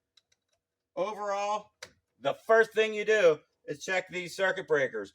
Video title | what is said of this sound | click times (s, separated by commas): Dead livestock curtain motor but KVT-400 shows it moving. | you're gonna feel it click when you press it in so | 0.2 s